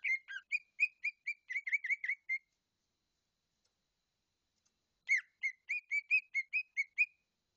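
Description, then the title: Leafbird song: two quick bursts of whistled, slightly slurred notes separated by about two and a half seconds of silence. "CUCAK IJO"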